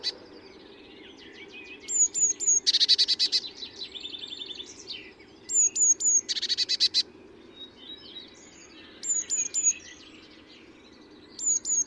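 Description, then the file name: Eurasian blue tit calling: high thin notes and short trills, broken by two loud buzzy scolding bursts, with a steady low hum underneath. "Cyanistes caeruleus"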